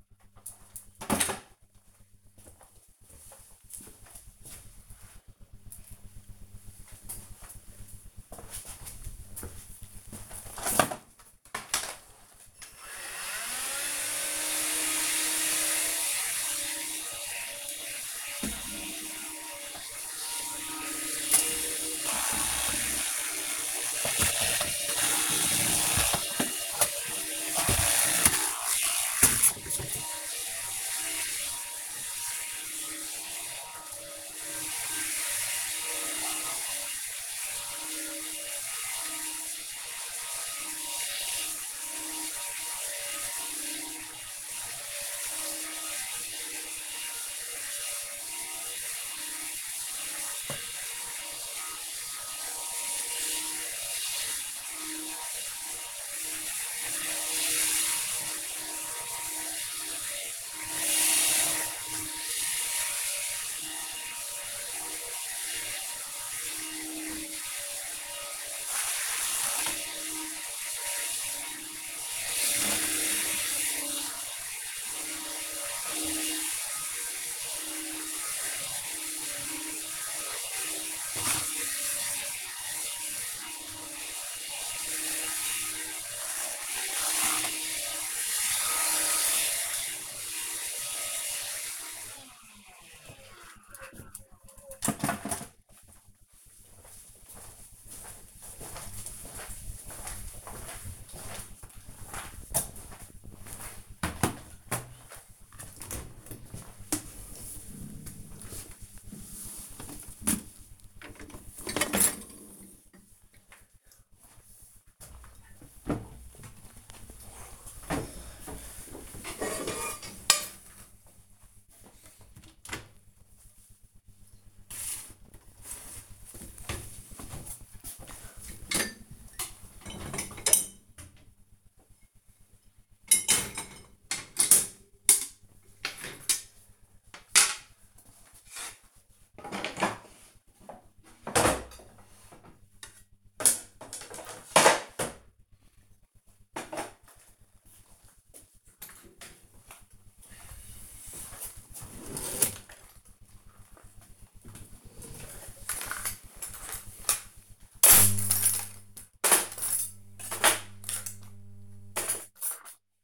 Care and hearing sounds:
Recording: household activities, microphone on the right wrist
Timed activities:
10.36-91.95 s: vacuum cleaning
105.05-163.04 s: cleaning out the dishwasher

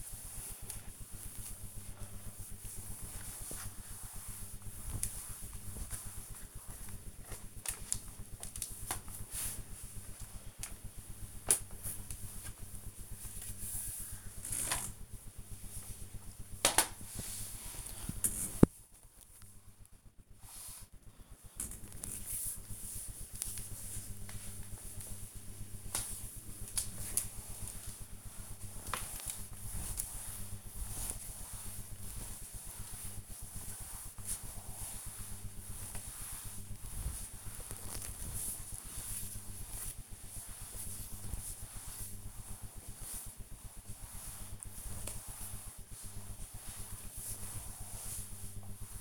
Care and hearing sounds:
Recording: household activities, microphone on the right wrist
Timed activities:
0.00-49.01 s: floor cleaning

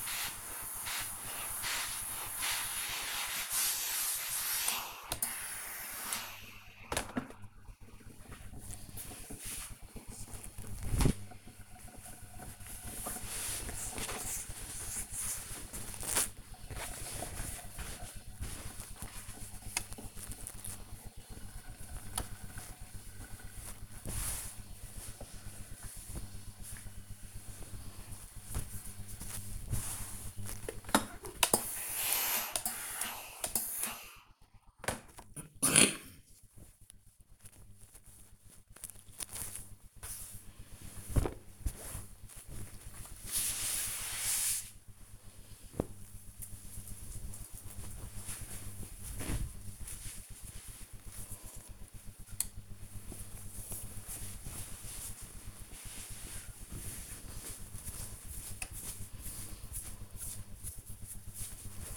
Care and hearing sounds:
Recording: household activities, microphone on the right wrist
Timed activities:
0.00-43.83 s: ironing laundry

